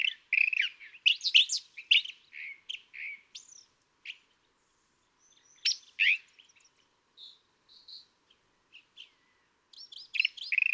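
California thrasher with a burst of loud, varied chattering phrases, a pause, then scattered softer notes before the loud song resumes.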